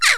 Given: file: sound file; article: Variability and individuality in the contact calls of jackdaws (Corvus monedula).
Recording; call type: jackdaw call; noisy